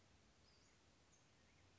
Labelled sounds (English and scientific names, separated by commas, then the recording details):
Western Flycatcher (Empidonax difficilis)
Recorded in Sonoma County, California